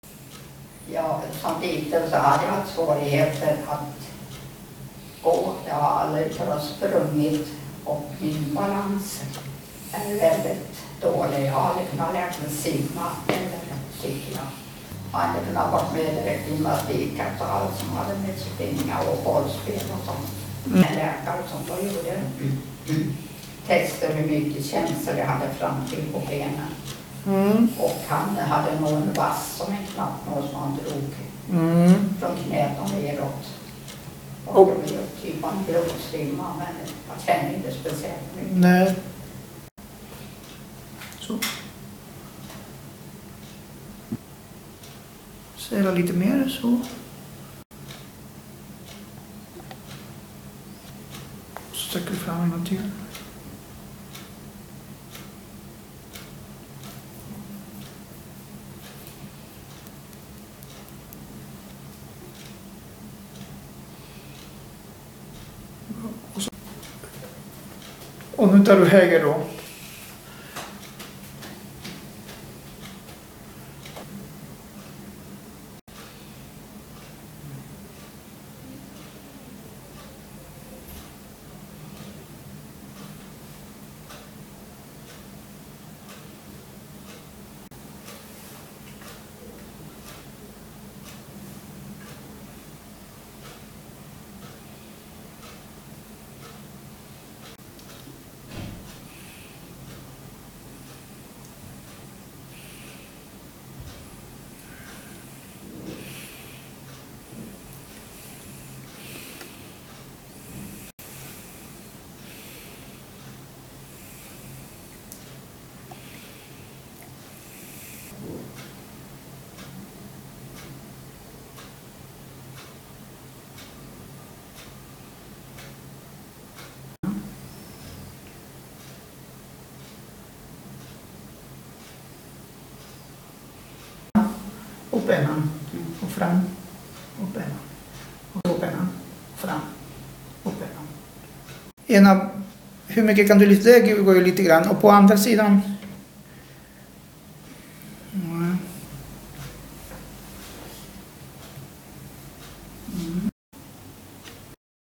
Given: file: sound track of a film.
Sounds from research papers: The patient is shown during an evaluation at the age 78 years. She is confined to a wheelchair with inability to stand due to flaccid areflexia in the legs associated with foot drop. The video segment demonstrates mild dysarthria, myokymia in the distal upper limbs and facial muscles. There is intermittent postural hand tremor. Other features shown are mild dysmetria, saccadic pursuit, bilateral gaze-evoked nystagmus, and hypermetric saccades.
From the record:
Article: The cerebellar phenotype of Charcot-Marie-Tooth neuropathy type 4C

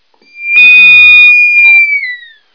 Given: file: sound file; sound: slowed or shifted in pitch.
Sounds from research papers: Harmonic vocalization from a male BTBR pup at pnd 8.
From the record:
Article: Unusual Repertoire of Vocalizations in the BTBR T+tf/J Mouse Model of Autism

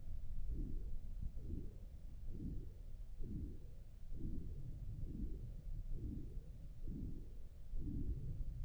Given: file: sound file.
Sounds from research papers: Audio file of pre-treatment ear canal signal from the no.5 VPT patient.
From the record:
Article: Pre-Treatment Objective Diagnosis and Post-Treatment Outcome Evaluation in Patients with Vascular Pulsatile Tinnitus Using Transcanal Recording and Spectro-Temporal Analysis

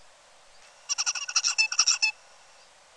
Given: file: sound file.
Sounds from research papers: Tutor song (bird #4).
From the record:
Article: Common Features of Neural Activity during Singing and Sleep Periods in a Basal Ganglia Nucleus Critical for Vocal Learning in a Juvenile Songbird

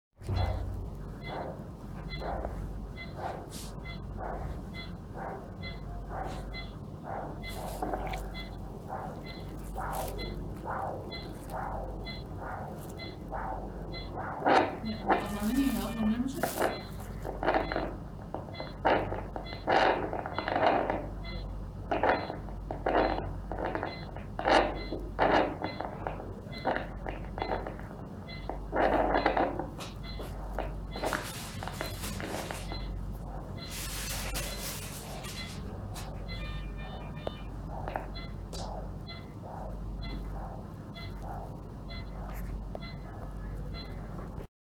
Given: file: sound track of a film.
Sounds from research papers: Using Doppler to confirm the pedicle location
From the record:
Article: Coverage of the scrotum after Fournier’s gangrene

